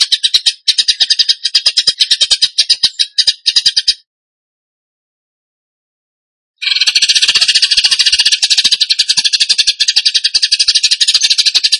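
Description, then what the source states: Bird chattering in quick rattling notes for four seconds, silence for nearly three seconds, then a denser, buzzier rapid high song. Song in the 'tembakan gacor' style, used to train other birds.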